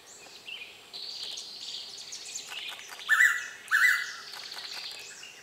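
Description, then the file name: Blue-winged pitta's strong two-note whistle cuts through a busy background of high, buzzy bird calls. "p moluccensis"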